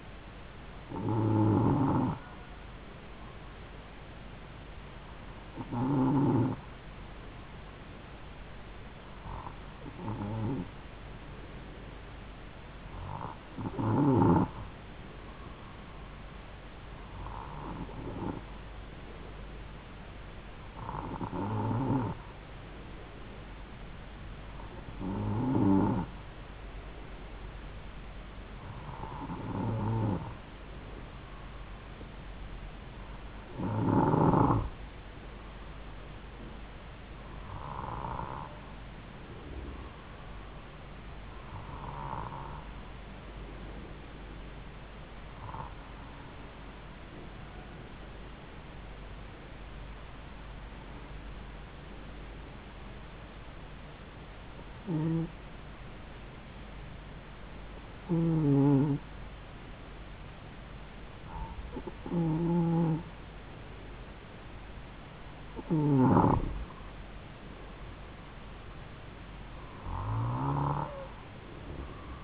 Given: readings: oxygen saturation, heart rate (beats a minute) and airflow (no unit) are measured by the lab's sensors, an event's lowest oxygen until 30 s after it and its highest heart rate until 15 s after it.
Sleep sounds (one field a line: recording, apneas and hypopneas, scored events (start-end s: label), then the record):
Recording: breathing in sleep by a voice recorder at the bedside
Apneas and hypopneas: none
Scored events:
none scored
From the record:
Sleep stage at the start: N2 (light sleep)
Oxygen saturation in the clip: 92 to 94%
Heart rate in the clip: 72 to 76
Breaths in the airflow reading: 18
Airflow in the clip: -4.6 to 6.9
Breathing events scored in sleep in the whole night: 270 in 6.1 hours asleep